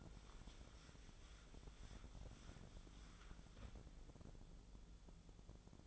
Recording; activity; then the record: daily activity, microphone in the room; wipe stove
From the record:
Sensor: 5